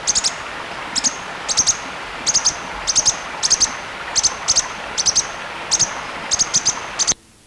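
Bird uttering high, brief chirps grouped in twos and threes, repeated at a steady pace until the recording cuts off abruptly, over background hiss.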